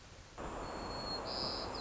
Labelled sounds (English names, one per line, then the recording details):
White-crowned Sparrow
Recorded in Sonoma County, California